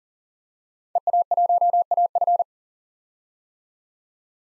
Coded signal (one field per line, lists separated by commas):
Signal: Morse code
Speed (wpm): 40 wpm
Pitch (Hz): 700 Hz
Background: none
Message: EA1AF